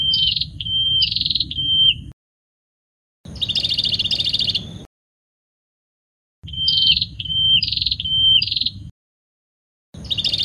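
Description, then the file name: Prinia song in repeated bouts: level whistles alternating with harsh buzzy trills, bouts separated by short pauses, over a low hum. "suara burung perenjak kamboja. omkicau"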